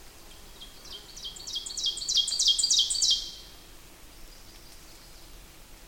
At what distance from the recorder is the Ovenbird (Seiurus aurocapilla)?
about 10 m